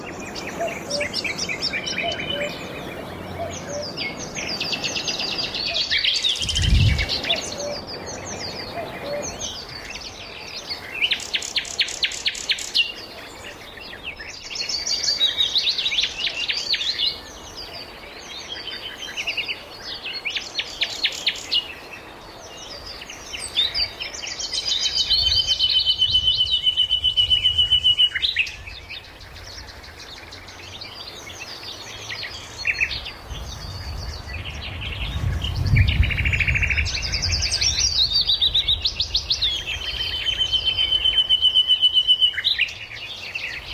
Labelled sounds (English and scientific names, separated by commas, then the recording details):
Common Nightingale (Luscinia megarhynchos) song
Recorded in the wild
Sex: male
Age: adult
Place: Karower Teiche, Berlin, DE
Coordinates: 52.6222, 13.46
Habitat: pond
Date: 1988-05-01
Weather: fair, 16°C
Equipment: Nagra SN, Kopie Tesla B 116
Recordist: Tembrock, Günter